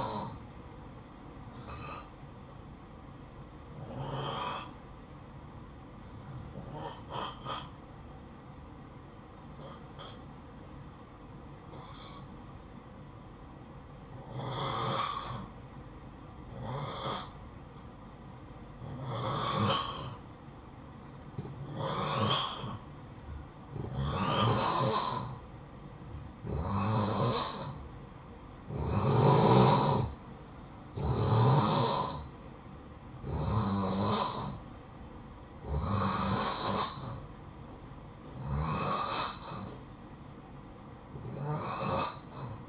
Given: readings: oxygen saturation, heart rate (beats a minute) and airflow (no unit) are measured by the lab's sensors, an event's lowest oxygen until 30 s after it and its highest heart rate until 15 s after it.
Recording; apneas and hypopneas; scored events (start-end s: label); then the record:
breathing in sleep by a smartphone at the bedside; 1
4.00-26.70 s: hypopnea (N2, oxygen 91% highest, then 87% lowest, heart rate 57 at the start, 60 highest)
From the record:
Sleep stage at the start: N2 (light sleep); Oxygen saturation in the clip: 88 to 91%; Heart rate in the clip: 51 to 60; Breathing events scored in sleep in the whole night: 573 in 9.8 hours asleep